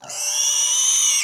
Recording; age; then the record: pig call; weaner (32 to 43 days)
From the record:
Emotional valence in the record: negative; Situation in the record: restrain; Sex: male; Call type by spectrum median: high-frequency call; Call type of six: high-frequency stable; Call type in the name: high-frequency stable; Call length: 1.24 s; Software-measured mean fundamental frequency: 352 Hz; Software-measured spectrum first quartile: 4413 Hz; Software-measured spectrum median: 5823 Hz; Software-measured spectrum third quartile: 6524 Hz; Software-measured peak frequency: 6050 Hz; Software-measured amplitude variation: 82 dB a second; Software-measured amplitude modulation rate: 26.2 a second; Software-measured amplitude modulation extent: 3.1 dB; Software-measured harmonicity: 6.2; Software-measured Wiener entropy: -3.02